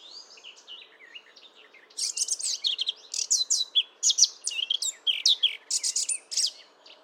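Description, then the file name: Eurasian blackcap song: a quiet, scratchy warble for two seconds, then a loud, fast run of varied bright whistled and chattering notes to the end. "Sylvia atricapilla"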